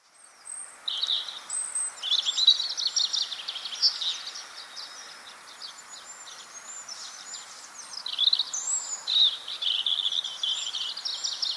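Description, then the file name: European robin song, high rippling phrases of thin whistles and fast trills in near-continuous bursts with short pauses, against a soft background hiss. "Erithacus rubecula"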